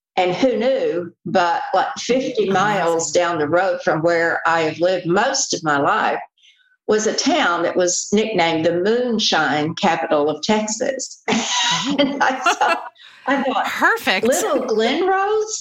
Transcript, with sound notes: and who knew, but 50 miles down the road from where I have lived most of my life, was a town that was nicknamed the Moonshine Capital of Texas. (laughter)
Perfect!
I thought, Little Glen Rose?